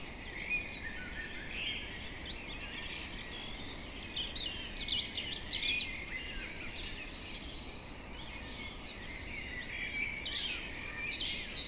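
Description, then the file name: European robin giving thin, high, warbling phrases in loose bursts, with faint twittering between them over a steady low rushing noise throughout. "Erithacus rubecula"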